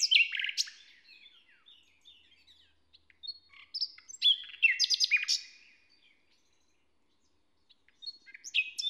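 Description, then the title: Common nightingale: bird song in separate bursts of quick descending notes and loud rapid trills, with a quiet gap before a final short phrase. Inside a forest near Hoscheid, Luxembourg, early on a summer morning after a wet night as the sun rises; the nightingale performs a kind of morning song. "hoscheid, forest, nightingale. Hoscheid - Waldmorgen"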